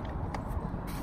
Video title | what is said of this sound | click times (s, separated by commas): Valco Stroller Comparison/Review: Snap 4 Trend vs Snap Ultra Trend | net bar just like this snaps right in then you're gonna take your boot net piece of | 0.4 s